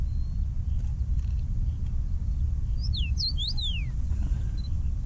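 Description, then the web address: Common rosefinch calls: a brief cluster of sharp, descending whistled notes around the middle, over constant low rumbling background noise. "Common Rosefinch. توت-خورک"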